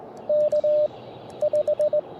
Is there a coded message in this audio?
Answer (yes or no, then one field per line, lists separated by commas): yes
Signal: Morse code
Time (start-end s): 0.3-2.0 s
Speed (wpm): 20 wpm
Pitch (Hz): 600 Hz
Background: none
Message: K 5